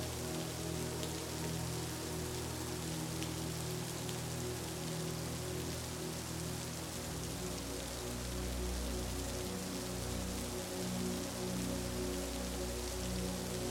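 Steady, dense rain hiss fills the clip, spread evenly from start to finish. Beneath it, sustained low tones hum like a soft drone, and around the halfway point a deeper rumble of thunder swells in and lingers to the end.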